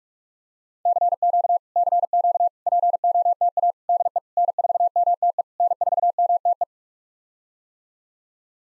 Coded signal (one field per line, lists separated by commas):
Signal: Morse code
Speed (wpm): 46 wpm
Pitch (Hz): 700 Hz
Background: none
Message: CQ CQ POTA DE N4MTE N4MTE